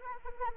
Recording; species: mosquito wingbeat signal from an infrared sensor; Anopheles arabiensis